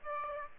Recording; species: mosquito wingbeat signal from an infrared sensor; Aedes aegypti